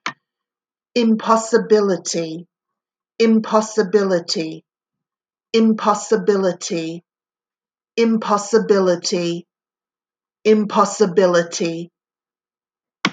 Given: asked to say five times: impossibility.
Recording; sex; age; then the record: repeated word; female; 40 to 49 years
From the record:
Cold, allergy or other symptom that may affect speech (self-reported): no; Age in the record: 45 years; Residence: Florida, United States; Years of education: 13